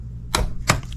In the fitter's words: so right there I hope you can hear the torque wrench click